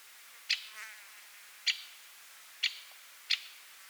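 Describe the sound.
White-winged Woodpecker giving four sharp, short, high 'kik' call notes at uneven intervals against a faint hiss.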